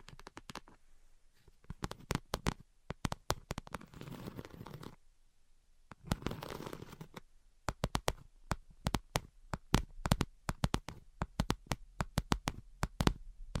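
Sharp, dry tapping clicks come in quick irregular bursts throughout, dense and fast in places. Two stretches of rougher scratching, around four seconds and again near six to seven seconds, fill in between the taps, with quiet gaps between runs.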